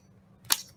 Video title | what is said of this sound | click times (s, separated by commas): A Dads response to the Buffalo Mass Shooting | there we go so it locks into place | 0.5 s